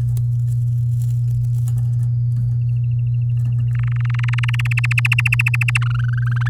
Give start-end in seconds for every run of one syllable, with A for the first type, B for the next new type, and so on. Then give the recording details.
3.75-4.67 A, 4.71-5.78 B, 5.81-6.48 C. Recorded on 11 May 2018 at 05:47. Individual llb16